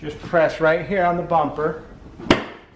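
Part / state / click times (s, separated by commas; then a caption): bumper cover clip into bumper holder / seated / 2.3 s. On a 2009–2020 Dodge Journey, during a low beam bulb replacement, the plastic bumper cover near the headlight is pressed so its clip snaps into the plastic holder. Someone talks, then a single sharp snap is heard at 2.3 s. The clip seats and locks into the holder.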